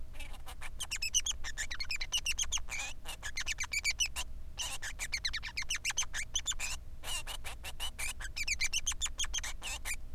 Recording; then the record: song of a male Bengalese finch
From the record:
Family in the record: son of father 3